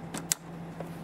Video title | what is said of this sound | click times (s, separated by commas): Juki F600: Review and Demonstration of Features | and you can hear it clicking | 0.3 s